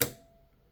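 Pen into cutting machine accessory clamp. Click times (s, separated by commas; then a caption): 0.0 s. A plastic glitter gel pen (a Cricut pen) is pushed down into the accessory clamp of a Cricut Maker 3 cutting machine. It makes one sharp, loud click at 0.0 s that fades quickly, leaving a faint ringing tone. The pen seats in the clamp.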